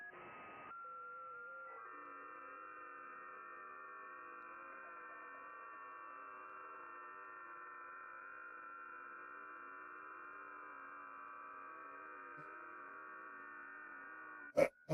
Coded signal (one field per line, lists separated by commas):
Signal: FT8